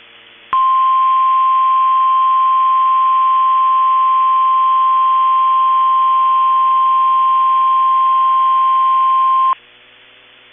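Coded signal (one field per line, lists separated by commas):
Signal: Emergency Alert System (SAME) tones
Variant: 1050 Hz attention tone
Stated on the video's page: Required weekly EAS test from NOAA Weather Radio KEC65.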